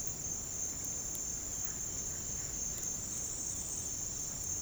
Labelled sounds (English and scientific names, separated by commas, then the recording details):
Russet-backed Oropendola (Psarocolius angustifrons)
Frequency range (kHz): Russet-backed Oropendola (Psarocolius angustifrons) 0.9-3.1 kHz
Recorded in dense forest near Puerto Asís, Putumayo, Colombia, on 29 June 2025 at 07:30
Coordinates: 0.503, -76.323
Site G059